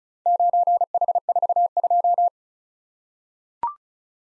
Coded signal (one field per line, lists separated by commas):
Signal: Morse code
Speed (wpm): 36 wpm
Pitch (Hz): 700 Hz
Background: none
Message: 9H42